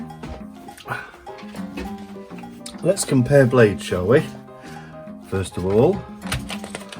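A replacement blade unit is handled at the top of a paper trimmer's cutting rail while someone talks over background music, with a few light handling taps near the start and a quick cluster of small knocks around 6.3 to 6.9 seconds. The blade unit is not yet pushed home into the rail, and nothing has seated or clicked yet.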